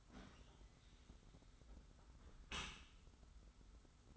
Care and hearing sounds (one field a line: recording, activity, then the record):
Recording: daily activity, microphone in the room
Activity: close dishwasher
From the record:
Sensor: 3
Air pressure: 991.3 hPa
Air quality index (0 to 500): 138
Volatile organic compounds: 264 ppm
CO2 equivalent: 4396 ppm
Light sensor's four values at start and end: 53/144/59/52 and 53/144/59/52